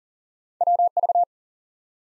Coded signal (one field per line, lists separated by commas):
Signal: Morse code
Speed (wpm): 40 wpm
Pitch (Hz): 700 Hz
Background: none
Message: WV